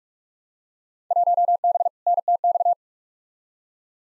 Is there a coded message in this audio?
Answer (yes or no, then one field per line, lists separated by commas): yes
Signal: Morse code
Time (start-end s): 1.1-2.7 s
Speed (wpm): 42 wpm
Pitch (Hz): 700 Hz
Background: none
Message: 1B NTX